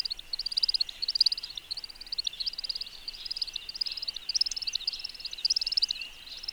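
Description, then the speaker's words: American Woodcock display twitter: continuous high, quick twittering that wavers in loudness, with no other clear sounds. Aerial courtship display; non-vocal song from the three narrowed, modified outer primaries of each wing making a whistling sound, with small vocal chips added. "Mais sinon, tiens, j'ai un extrait d'une espèce qui produit un chant intéressant non vocal, la bécasse d'Amérique"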